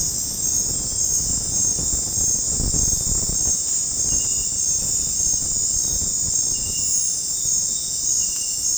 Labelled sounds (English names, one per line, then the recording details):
none
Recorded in dense forest near Puerto Asís, Putumayo, Colombia, on 26 December 2024 at 21:30
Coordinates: 0.481, -76.323
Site G100